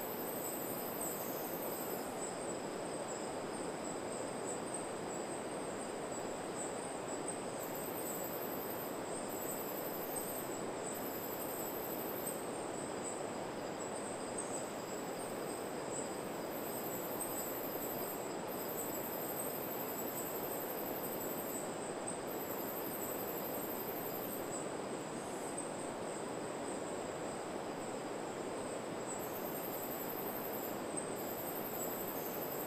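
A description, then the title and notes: A forest at night gives off a steady, dense wash of sound that never rises or falls for the whole stretch. High above it, a thin, piercing insect-like whine runs almost continuously, dropping out briefly every few seconds. No separate calls or events stand out. Night sounds of the forest.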